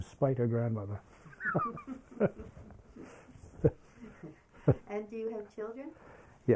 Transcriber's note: laughs